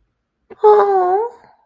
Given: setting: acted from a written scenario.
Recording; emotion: vocal sound without words; positive surprise